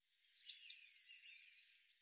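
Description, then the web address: Eurasian blue tit call: two sharp, very high descending notes followed by a quick stuttering run of slightly lower, buzzy notes, lasting about one second. Recorded in 2025. "cianscape birddata Deverinetal Bird Cy Ca"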